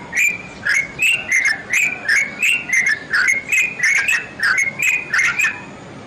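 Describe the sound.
Bird song of evenly spaced, clicky whistles around one pitch, about three per second, steady from start to finish.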